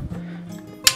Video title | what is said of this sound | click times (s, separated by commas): Making a folding stock out of rebar | locks into place in the up position. | 0.9 s